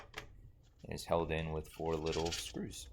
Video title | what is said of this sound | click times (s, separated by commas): Ultimate Octoprint Enclosure | and then we just want to install the back plate same way it snaps right into place | 0.2 s